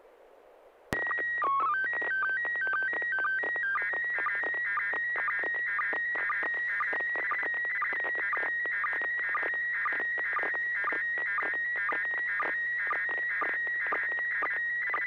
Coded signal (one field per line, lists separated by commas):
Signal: SSTV (slow-scan television)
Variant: PD 120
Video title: N6NA SSTV Net - 07/16/2025